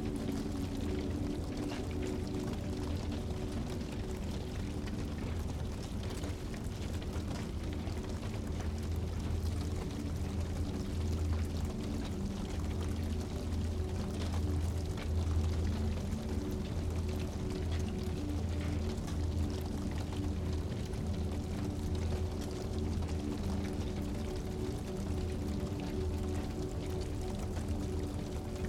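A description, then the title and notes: A fire crackles steadily with dense, constant pops over soft, sustained low music tones that hum evenly throughout without pause. The comforting crackling of fire blends with soft and enchanting music.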